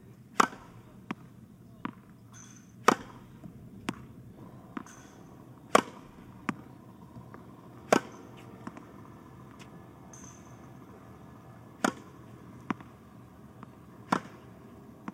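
Tennis balls are struck and bounce in sharp, crisp pops every second or so, irregularly spaced, over a quiet low hum and faint steady tone.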